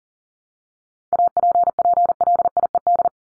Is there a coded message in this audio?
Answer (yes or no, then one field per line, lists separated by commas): yes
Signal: Morse code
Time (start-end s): 1.1-3.1 s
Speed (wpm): 40 wpm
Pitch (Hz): 700 Hz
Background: none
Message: APPLIED